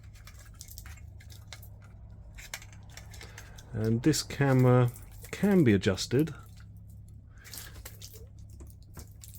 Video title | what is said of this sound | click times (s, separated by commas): Fiat Ducato, Peugeot Boxer, Citroen Relay brake light reversing camera + 7 inch mirror monitor | so we just push it in it all clicks into place | 1.5 s, 2.5 s